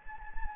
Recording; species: mosquito wingbeat signal from an infrared sensor; Anopheles gambiae